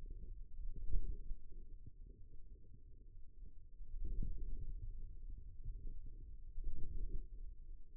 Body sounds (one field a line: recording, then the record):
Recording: forearm muscle sounds (acoustic myography)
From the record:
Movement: hand closing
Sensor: system 2, bracelet of six BSWA MPA416 microphones around the upper forearm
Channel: 3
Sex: male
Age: 22 years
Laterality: right